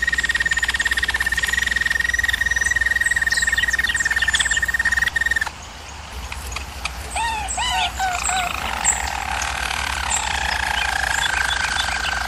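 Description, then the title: German Roller canary song, a long steady rolled tour, then a short pause, several looping notes, and renewed softer rolls, above a low steady hum. Singing used for canary training. "German Roller Canary Singing - Canary Training Vid"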